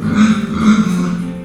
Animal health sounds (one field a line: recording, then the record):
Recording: squeal of a Yucatan mini pig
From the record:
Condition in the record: after surgery on the right vocal fold (resection and tissue-engineered implant)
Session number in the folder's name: 13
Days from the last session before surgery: 113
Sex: female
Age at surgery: 19 weeks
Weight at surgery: 25 kg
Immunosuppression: prednisolone